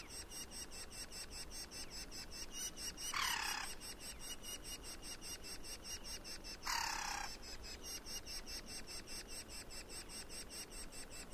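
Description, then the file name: Woodpecker giving two coarse, raspy calls a few seconds apart while fast regular insect pulses continue underneath. "jh-050723-wkpkr"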